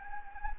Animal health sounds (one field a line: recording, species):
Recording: mosquito wingbeat signal from an infrared sensor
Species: Anopheles gambiae